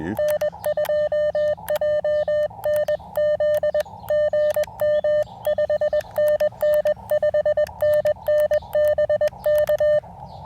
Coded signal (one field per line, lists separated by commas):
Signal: Morse code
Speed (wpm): 21 wpm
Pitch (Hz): 590 Hz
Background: none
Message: N2JNZ GM 5NN 5NN BK